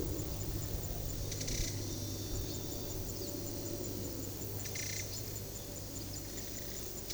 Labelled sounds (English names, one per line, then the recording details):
none
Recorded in pastures near Puerto Asís, Putumayo, Colombia, on 19 February 2024 at 10:30
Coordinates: 0.466, -76.323
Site G6384